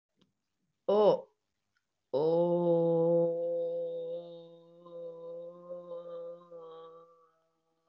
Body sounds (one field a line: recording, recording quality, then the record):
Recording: sustained vowel as in boot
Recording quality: excellent, no background noise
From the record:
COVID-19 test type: RT-PCR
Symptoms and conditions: cough, cold, sore throat, fatigue, muscle pain, loss of smell and taste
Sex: female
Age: 26 years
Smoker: no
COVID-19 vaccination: one dose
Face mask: worn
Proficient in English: yes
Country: India